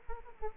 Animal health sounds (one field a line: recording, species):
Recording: mosquito wingbeat signal from an infrared sensor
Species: Aedes aegypti